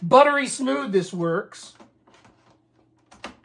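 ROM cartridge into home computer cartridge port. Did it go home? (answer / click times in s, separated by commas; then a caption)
yes / 3.2 s. Someone talks, then an assembled FlashROM cartridge is slid into the cartridge port of a TI-99/4A home computer. After a few faint rubbing sounds, a sharp click comes at 3.2 seconds as the cartridge plugs right in and seats.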